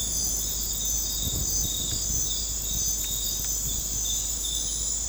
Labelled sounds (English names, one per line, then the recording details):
none
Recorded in dense forest near Puerto Asís, Putumayo, Colombia, on 21 December 2024 at 00:00
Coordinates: 0.481, -76.323
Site G100